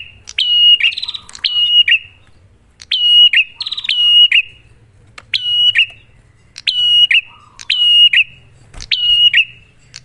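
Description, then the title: Prinia song: a sharp note, then a steady high whistle ending in a buzzy drop, repeated with short gaps. Duet of Cililin vs Kapas Tembak, a master (masteran) lure recording for prenjak; bird singing actively (gacor) with a clear voice. "Masteran Duet Cililin Vs Kapas Tembak. Pancingan Prenjak Gacor Suara Jernih"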